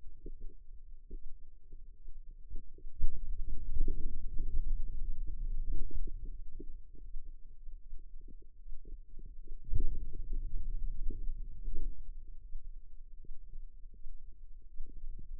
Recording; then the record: forearm muscle sounds (acoustic myography)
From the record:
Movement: finger pinch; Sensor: system 2, bracelet of six BSWA MPA416 microphones around the upper forearm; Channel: 6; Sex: female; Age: 25 years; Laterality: right